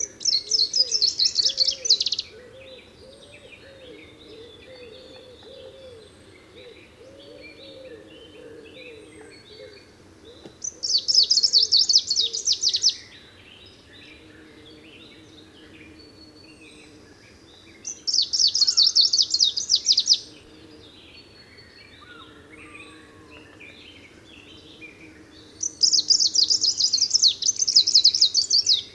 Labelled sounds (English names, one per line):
Greenish Warbler song